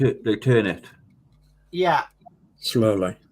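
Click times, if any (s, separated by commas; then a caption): none. A plastic wheel is being placed on the axle of a partwork model truck and turned slowly so it will click into place, while someone talks throughout with pauses in between. Nothing has seated or clicked yet; the wheel is still only being handled.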